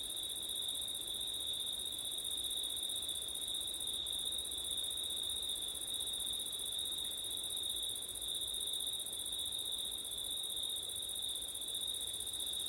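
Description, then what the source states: Crickets trilling steadily in a dense high chorus, two pitch layers holding constant, over gentle hiss, with a single brief click. Crickets recorded on a windy September night.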